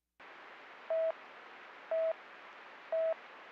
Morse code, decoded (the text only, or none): none